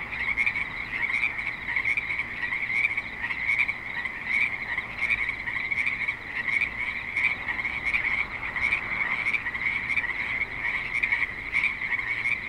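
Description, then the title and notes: Frogs in a dense chorus, countless overlapping trilling croaks that merge into a steady, high, buzzing drone with no pauses. Frogs calling at a creek in suburban Spanish Springs, Nevada. "Frogs in Spanish Springs, NV - creek view. Frogs with light traffic and other suburban sounds"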